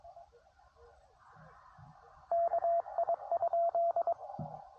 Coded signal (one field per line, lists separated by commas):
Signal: Morse code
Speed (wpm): 22 wpm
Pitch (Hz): 680 Hz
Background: radio noise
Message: KI?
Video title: QRP CW POTA US-3064